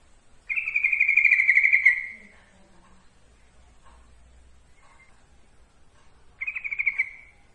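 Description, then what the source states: Yellow-vented bulbul song: two rapid rattling trills about six seconds apart, the first longer and slightly falling, with faint scattered notes between. Trucukan song, for masteran training.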